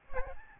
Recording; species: mosquito wingbeat signal from an infrared sensor; Aedes albopictus